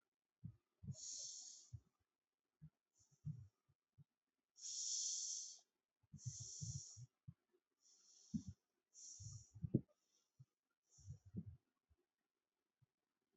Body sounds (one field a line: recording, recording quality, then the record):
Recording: shallow breathing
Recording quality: excellent, no background noise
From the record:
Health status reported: healthy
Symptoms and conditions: none ticked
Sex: male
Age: 25 years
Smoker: not ticked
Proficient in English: yes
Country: India